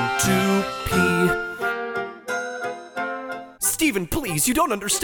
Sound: speaking